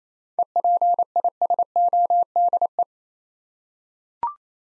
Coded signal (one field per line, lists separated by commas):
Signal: Morse code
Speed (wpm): 27 wpm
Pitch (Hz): 700 Hz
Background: none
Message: EPISODE